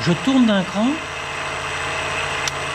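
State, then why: Seated. On a cutter-grinding machine, the cutter is turned by one notch and brought back against the rear stop, a metal indexing detent, while someone talks briefly over a steady machine hum. A short, sharp click at 2.5 s is the indexing stop engaging, and the stop seats into place.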